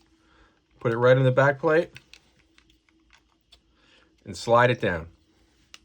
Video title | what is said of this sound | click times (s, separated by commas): Installing a Simplisafe Video Doorbell with an OhmKat Power Supply | see this locks in place it's good to go now we're there | 5.7 s